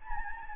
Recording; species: mosquito wingbeat signal from an infrared sensor; Anopheles gambiae